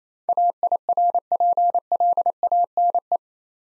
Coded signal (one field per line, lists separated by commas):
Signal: Morse code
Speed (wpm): 27 wpm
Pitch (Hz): 700 Hz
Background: none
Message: AIRPLANE